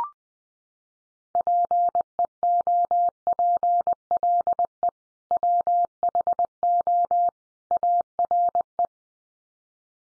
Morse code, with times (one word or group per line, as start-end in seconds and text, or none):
1.4-4.9 PEOPLE
5.3-7.3 WHO
7.7-8.9 ARE